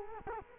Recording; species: mosquito wingbeat signal from an infrared sensor; Culex quinquefasciatus